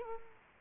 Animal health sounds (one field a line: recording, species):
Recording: mosquito wingbeat signal from an infrared sensor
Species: Culex quinquefasciatus